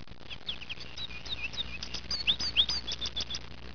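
Goldfinch calls: light, twittering chirps, quick and irregular, growing busier in the second half over a low steady hum.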